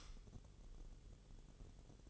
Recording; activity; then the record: daily activity, microphone in the room; light off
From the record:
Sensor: 4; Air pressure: 1008.7 hPa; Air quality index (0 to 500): 98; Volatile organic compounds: 1 ppm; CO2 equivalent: 738 ppm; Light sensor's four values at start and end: 12/28/11/10 and 11/26/10/9